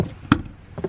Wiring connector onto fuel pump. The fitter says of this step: Push that tab back in all the way. You'll hear it click and that's secured.